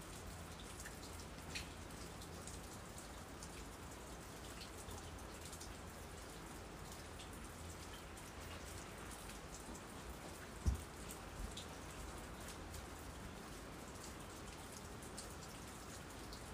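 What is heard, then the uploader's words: Rain falls steadily under the eaves, a dense, even patter with fine drips ticking across the top and a low, constant rumble underneath. The sound stays level throughout, broken only by a single sharp knock near the eleventh second and a few fainter taps. Raining under the eaves.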